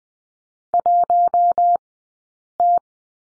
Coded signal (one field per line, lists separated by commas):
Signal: Morse code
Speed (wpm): 20 wpm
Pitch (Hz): 700 Hz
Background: none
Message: 1T